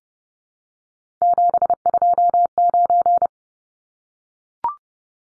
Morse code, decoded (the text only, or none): 729